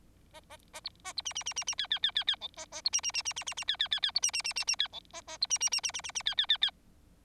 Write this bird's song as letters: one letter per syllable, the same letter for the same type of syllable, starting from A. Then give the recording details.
A A A B A B C C C C C D D D D D E A A B C C C C C C C D D D D B C C C C C D E A A B C C C C C C C D D D D. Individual Bird4